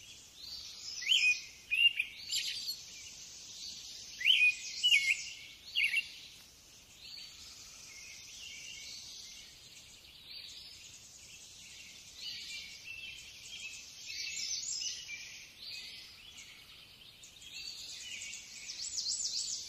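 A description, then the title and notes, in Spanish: Many birds call and chirp together outdoors, forming a dense, high-pitched chorus that never stops. A few louder, closer calls stand out near the start, around one to two seconds and again near five seconds, before the chatter settles into a steadier, more distant blend. Ruidos de todo tipo de pajaros en la naturaleza.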